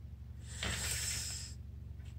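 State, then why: Not seated. A small snap cap is pressed back onto a glue bottle to seal it so the glue won't dry inside. A soft hiss-like, breathy rustle rises at about 0.6 s and fades by about 1.6 s, with no distinct click. The cap has not clicked shut yet.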